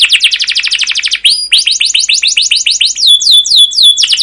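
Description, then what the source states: Canary trilling rapidly, a brief pause, then a slower series of repeated downslurred notes ending in clear falling whistles and another roll. Canary masteran of long, rolling (ngerol) 'cuit cuit' gacor song, used as a lure to prompt other canaries to sing.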